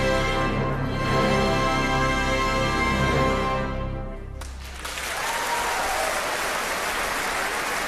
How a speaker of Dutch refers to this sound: Afgelopen donderdag was er een oorverdovend applaus te horen na de vertoning van de opera Pand der Goden van Johannes Hellstone. Een vergeten opera gecomponeerd door een in slavernij geboren Surinaamse componist.